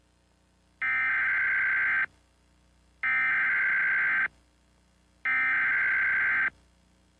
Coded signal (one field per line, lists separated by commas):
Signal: Emergency Alert System (SAME) tones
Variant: header bursts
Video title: EAS Alert Of May 23, 1961 Here In San Juan